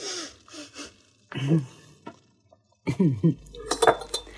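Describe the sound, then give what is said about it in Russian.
A promised shot glass of whisky clinks and knocks as it is set down in front of a man, a few bright, sharp chinks of glass scattered among murmured voices and soft handling noises. “Внизу его уже ждала миссис Холл, которая поставила перед ним обещанную стопку виски.”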